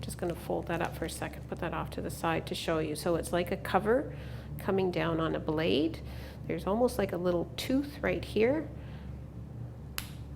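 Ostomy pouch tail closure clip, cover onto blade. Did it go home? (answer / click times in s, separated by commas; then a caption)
yes / 10.0 s. A woman talks while folding down the cover of a plastic ostomy pouch tail closure clip onto its blade so that a small tooth engages. A single sharp click sounds at 10.0 seconds as the clip snaps shut and seats in place.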